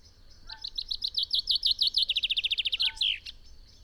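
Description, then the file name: Common chaffinch song: a bright, quickening trill of falling notes that speeds into a rapid rattle and ends in a short flourish, over a low background rumble. "Fringilla coelebs"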